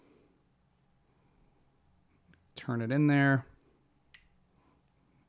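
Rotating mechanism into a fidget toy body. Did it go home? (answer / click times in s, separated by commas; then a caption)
yes / 4.1 s. A rotating mechanism is turned back into the body of a fidget toy. Someone talks briefly, then faint ticks sound before a sharp click at 4.1 s as the mechanism seats in place.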